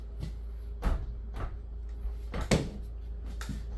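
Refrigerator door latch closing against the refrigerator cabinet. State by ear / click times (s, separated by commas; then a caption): not seated / none. After being reversed, an RV refrigerator door is swung shut against the refrigerator cabinet, giving soft bumps near 0.9 and 1.4 seconds, a sharp knock at 2.5 seconds and a lighter one at 3.4 seconds over a steady low hum. The door latch fails to catch, and nothing has clicked or latched, because the door sits too low on its hinge and needs a shim.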